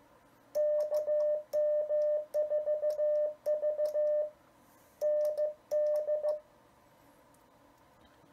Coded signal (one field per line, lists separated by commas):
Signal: Morse code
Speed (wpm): 15 wpm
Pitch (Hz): 600 Hz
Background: none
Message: KM4VND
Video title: Morse Code (CW) Ops Setup w/ Begali Expedition Keyer